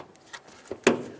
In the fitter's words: listen for a click